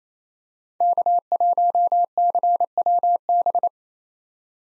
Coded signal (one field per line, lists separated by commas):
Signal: Morse code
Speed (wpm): 28 wpm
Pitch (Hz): 700 Hz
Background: none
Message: K1CWB